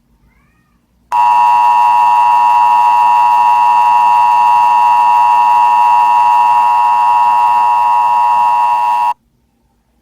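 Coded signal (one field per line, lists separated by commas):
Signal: Emergency Alert System (SAME) tones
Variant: 853 and 960 Hz attention tone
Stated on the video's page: Fictional EAS scenario, presented live and uncut.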